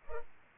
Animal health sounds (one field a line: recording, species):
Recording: mosquito wingbeat signal from an infrared sensor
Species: Culex pipiens